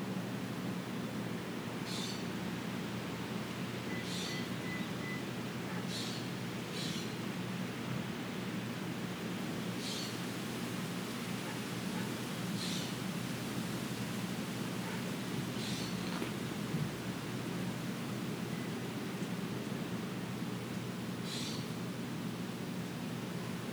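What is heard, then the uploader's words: Wind blows as a steady, dense rush with a low rumble underneath, holding an even level throughout with no gust rising above it. Short, bright chirp-like ticks break through every two to three seconds. Wind in the trees. A warm windy day with occasional gusts happening every five to ten minutes. There are also sounds of chirping birds, rattling woodpeckers, and an occasional plane far overhead.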